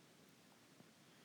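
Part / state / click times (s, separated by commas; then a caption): coin cell battery into a car key fob battery holder / not seated / none. A new coin cell battery is being slid into the plastic battery holder of a Volkswagen car key fob, meant to be pressed until it clicks into the recess. Only faint rustling handling noise is heard over a low, steady hiss, with a slightly louder soft bump around 0.8 s. Nothing has seated or clicked yet.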